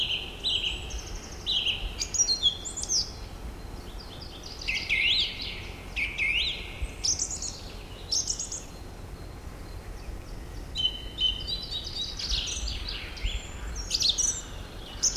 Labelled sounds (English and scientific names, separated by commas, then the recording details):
Song Thrush (Turdus philomelos) song
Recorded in the wild
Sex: male
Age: adult
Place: Marloffstein, NSG "Wildnis am Rathsberg", Bayern, DE
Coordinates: 49.6169, 11.0175
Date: 1962-04-10
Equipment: Stellavox SM 4a ohne Vorverstärker
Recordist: Tretzel, Erwin